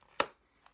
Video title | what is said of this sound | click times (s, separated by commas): Giro Switchblade Mips Helmet Unboxing Review! | in till it clicks. There | 0.2 s